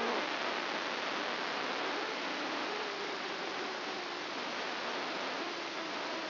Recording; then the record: brain microelectrode recording played as sound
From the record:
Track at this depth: inside the subthalamic nucleus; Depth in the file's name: 2.405 mm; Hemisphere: right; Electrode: 2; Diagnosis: Parkinson's disease